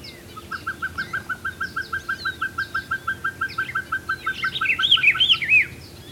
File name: Glaucidium peruanum - Pacific Pygmy Owl